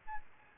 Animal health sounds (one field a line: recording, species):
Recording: mosquito wingbeat signal from an infrared sensor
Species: Aedes albopictus